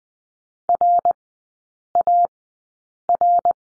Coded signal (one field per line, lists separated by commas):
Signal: Morse code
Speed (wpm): 20 wpm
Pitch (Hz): 700 Hz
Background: none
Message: RAR